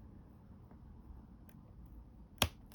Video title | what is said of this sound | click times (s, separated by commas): DeAgostini Collectibles - Build the Moomin House BOX 12 Part 6 | there's a click | 2.4 s